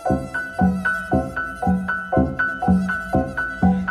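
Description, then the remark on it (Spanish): A mosquito buzzes in steady, quick pulses, a droning tone that swells and fades about three times a second, fairly loud with no voices. “Pica picón, el mosquito picudo, pica en picada, su trompa piqueta, pica picón de nariz arrugada, su pica y rasca de pico y pirueta.”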